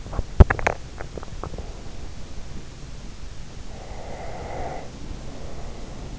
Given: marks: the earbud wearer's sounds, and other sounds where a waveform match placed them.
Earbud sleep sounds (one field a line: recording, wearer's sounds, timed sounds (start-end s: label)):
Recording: sounds in sleep by an in-ear microphone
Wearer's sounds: teeth grinding, breath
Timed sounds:
0.10-1.67 s: teeth grinding
3.74-6.19 s: breath